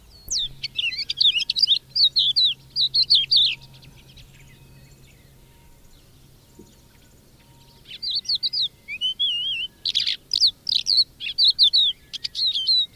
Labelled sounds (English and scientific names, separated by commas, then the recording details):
Crested Lark (Galerida cristata)
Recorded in the wild
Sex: male
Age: adult
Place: Erlangen, OT Schallershof, Bayern, DE
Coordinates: 49.5792, 10.9736
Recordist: Tretzel, Erwin